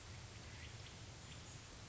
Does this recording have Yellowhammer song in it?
no